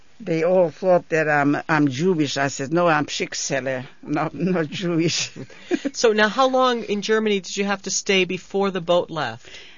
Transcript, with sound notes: They all thought that I'm Jewish. I says, "No, I'm shiksela. I'm not Jewish." ( she laughs )
So, now, how long in Germany did you have to stay before the boat left?